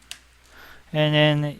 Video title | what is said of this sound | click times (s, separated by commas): HOW TO CONNECT GALAXY BUDS, GALAXY BUDS+ TO PS4 [EDUCATIONAL] - LIFESTYLE #12 | So once you plug this, you will hear the click sound, | 0.1 s